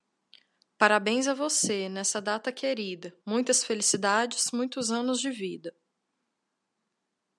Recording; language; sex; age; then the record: short text; Brazilian Portuguese; female; 20 to 29 years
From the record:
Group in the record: control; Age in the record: 29 years